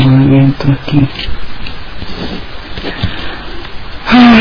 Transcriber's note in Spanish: suspiros